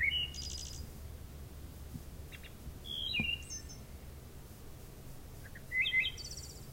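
Wood thrush song: three separate flute-like phrases, each with soft lead-in notes, a rolling whistled middle and a shimmering high trill, spaced a few seconds apart over low background hum.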